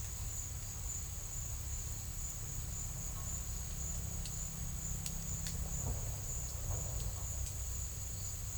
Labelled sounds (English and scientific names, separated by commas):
none